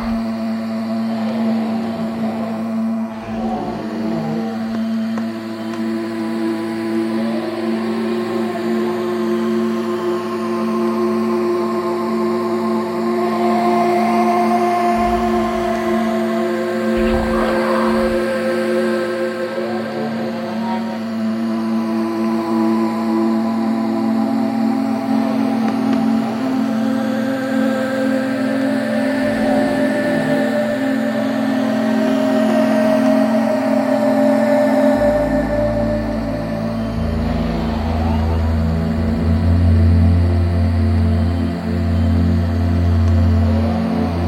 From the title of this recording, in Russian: Тёмный лес